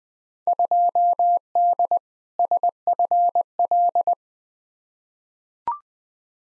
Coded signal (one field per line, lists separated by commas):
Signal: Morse code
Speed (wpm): 21 wpm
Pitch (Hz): 700 Hz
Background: none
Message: 2D SFL